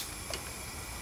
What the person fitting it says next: Bien clipsé, et là il va revenir en pression et il va remonter, tu vois.